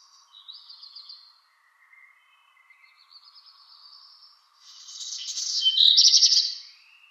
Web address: Schulze Peter Black Redstart song